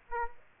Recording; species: mosquito wingbeat signal from an infrared sensor; Aedes aegypti